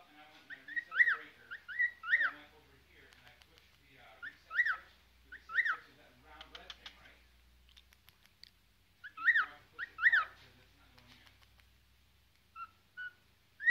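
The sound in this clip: Cockatiel calls: arched, slightly harsh notes given in short pairs and clusters, with pauses between bursts and a few faint clicks and rustles.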